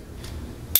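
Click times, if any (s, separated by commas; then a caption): 0.8 s. A section or cover of a new aluminium camera tripod is pressed closed onto the tripod head. Low handling rumble and a faint soft tick near 0.2 s come before a sharp, bright click at 0.8 s. The part closes into place.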